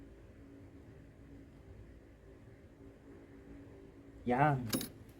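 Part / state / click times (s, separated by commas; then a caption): red dot sight lock on pistol slide mount / not seated / none. Someone engages the rear lock on a red dot sight mounted on the slide of a Girsan MC9 Extreme pistol so the sight stops moving after zeroing. A low, steady hum runs through the clip, and near the end someone talks briefly. Nothing has seated or clicked yet.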